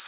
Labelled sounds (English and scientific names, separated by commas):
Pine Warbler (Setophaga pinus) flight call